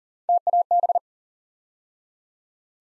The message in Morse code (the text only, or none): TAB